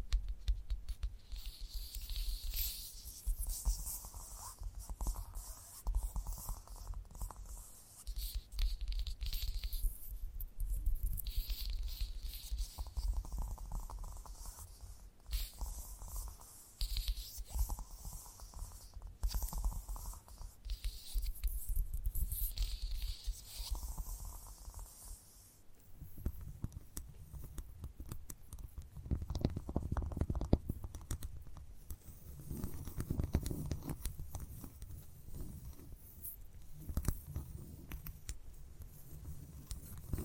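Gentle tapping and soft scratching run throughout, with frequent light taps in quick, uneven bursts over a hushed hiss. For the first twenty-five seconds the sounds are crisp and bright. After that they turn deeper and duller, with a low, muffled rumble beneath the taps.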